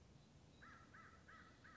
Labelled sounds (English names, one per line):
American Crow